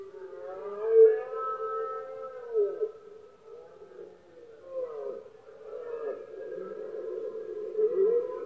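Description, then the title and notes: Red deer roaring, long harmonic bellows with loud peaks near one and eight seconds. Male red deer bellowing during the rut, known as berrea or brama, Spain, best heard at night when surroundings are quiet. "Paisaje sonoro: Berrea #04. berrea del ciervo. brama del ciervo"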